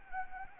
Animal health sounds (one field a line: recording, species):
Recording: mosquito wingbeat signal from an infrared sensor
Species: Anopheles gambiae